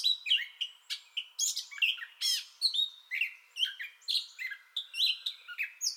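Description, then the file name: Gray catbird song, a rapid jumble of varied squeaky, mewing and chattering notes, each phrase different, pouring out with short gaps throughout. Entire song bout, 30 May 2021. "2021-05-30 Gray Catbird Entire Song Bout"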